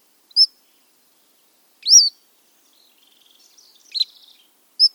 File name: Cordilleran Flycatcher